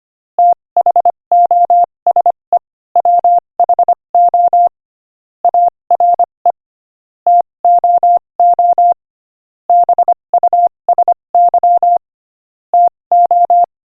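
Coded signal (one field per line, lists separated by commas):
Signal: Morse code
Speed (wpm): 25 wpm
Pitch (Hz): 700 Hz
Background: none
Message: THOSE WHO ARE TOO BUSY TO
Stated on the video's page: Morse code practice at 25 wpm, sending inspirational quotations.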